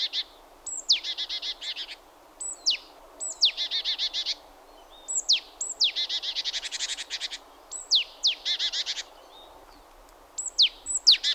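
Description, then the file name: Great tit scolding calls: a sharp falling note followed by a rapid buzzy churring chatter, the pattern repeated about every two seconds. "Parus major"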